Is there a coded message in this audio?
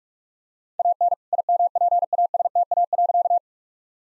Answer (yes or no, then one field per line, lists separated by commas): yes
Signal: Morse code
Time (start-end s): 0.8-3.4 s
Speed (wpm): 41 wpm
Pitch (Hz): 700 Hz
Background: none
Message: AN IMPASTA.